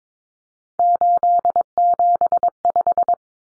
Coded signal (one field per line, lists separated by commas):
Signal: Morse code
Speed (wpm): 22 wpm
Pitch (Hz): 700 Hz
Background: none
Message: 875